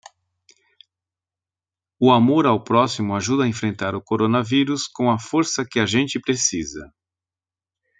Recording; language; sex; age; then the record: spoken sentence; Brazilian Portuguese; male; 50 to 59 years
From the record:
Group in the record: control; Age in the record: 54 years